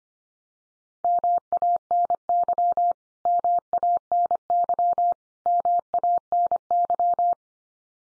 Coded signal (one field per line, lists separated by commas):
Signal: Morse code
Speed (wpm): 25 wpm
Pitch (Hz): 700 Hz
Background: none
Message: MANY MANY MANY